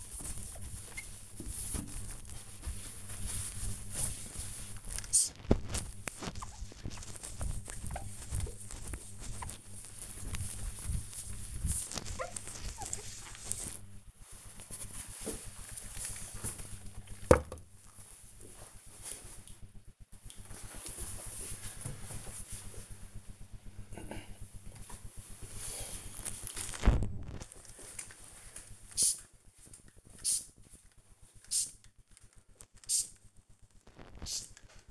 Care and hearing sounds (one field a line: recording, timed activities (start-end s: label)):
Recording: household activities, microphone on the right wrist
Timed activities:
0.00-14.47 s: window cleaning
24.53-34.91 s: window cleaning